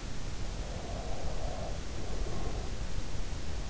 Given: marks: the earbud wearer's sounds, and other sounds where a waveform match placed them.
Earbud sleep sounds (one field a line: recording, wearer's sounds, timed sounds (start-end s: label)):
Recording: sounds in sleep by an in-ear microphone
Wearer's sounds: breath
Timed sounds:
0.22-3.08 s: breath